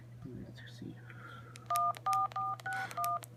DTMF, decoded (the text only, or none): 14461